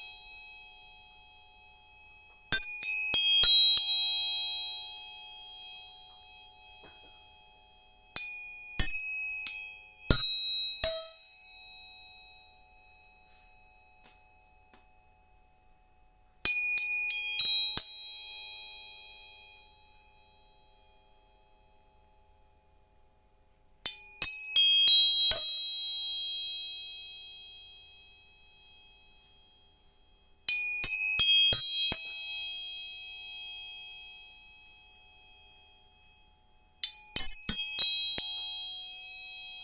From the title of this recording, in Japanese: 音叉チューニング